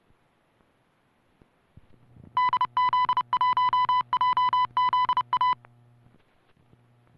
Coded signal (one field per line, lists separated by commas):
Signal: Morse code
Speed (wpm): 30 wpm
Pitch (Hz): 1000 Hz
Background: music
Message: DZ1JZA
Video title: JZ's Special Video: 2024 World Radio Day Special